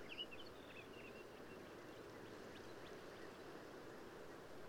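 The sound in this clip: Black-capped vireo: a brisk cluster of clipped notes at the start, then a few faint notes over continuous low rushing noise.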